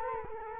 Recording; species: mosquito wingbeat signal from an infrared sensor; Culex quinquefasciatus